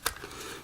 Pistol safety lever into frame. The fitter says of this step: try that again there we go now it's caught and